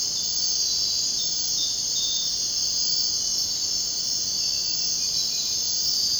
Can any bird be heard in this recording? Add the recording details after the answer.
no. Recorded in dense forest near Puerto Asís, Putumayo, Colombia, on 23 June 2025 at 02:30. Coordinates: 0.499, -76.324. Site G100